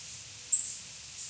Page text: Swainson's Warbler Limnothlypis swainsonii Flight call description A high, clear, rising "seeth" with a piercing quality